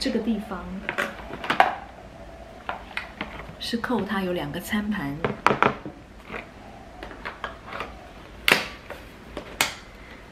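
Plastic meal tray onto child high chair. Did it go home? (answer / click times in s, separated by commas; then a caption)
yes / 9.6 s. A plastic meal tray is pushed onto a portable child high chair while someone talks, with scattered knocks and taps along the way. It latches with a sharp click at 9.6 s, and the tray is seated.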